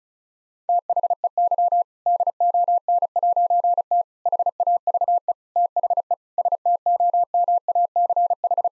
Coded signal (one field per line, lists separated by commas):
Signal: Morse code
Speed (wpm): 34 wpm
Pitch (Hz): 700 Hz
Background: none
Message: THEY DON'T HAVE THE STOMACH